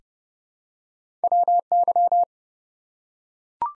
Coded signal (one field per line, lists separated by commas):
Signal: Morse code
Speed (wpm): 29 wpm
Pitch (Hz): 700 Hz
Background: none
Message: WY